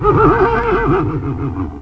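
Horse whinny: a loud, wavering neigh lasting nearly two seconds, pitch trilling up and down before fading out.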